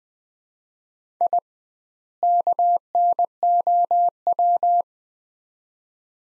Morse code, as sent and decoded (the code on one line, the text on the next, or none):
.. / -.- -. --- .--
I KNOW